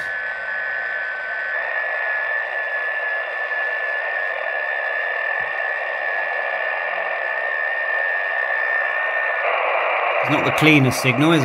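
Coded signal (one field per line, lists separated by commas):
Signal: FT8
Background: speech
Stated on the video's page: FT8 on a Yaesu 818 using the free Android FT8-CN program.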